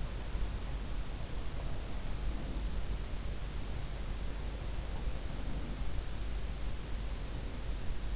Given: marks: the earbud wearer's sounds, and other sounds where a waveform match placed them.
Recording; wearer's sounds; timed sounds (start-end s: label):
sounds in sleep by an in-ear microphone; breath
2.28-2.71 s: breath
5.22-5.94 s: breath